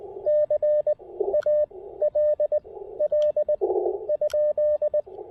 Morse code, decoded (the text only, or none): CALL ?